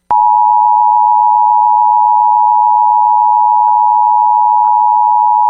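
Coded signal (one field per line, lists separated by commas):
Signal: Emergency Alert System (SAME) tones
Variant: 853 and 960 Hz attention tone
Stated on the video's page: Simulated EAS mock of the 2023 National EAS Test, made with a Texscan-MSI card.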